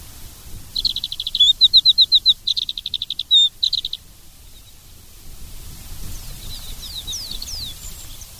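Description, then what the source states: Alpine accentor song, a high warbled phrase of rapid repeated notes for about three seconds, then quiet with faint thin chirps. Zao, Japan.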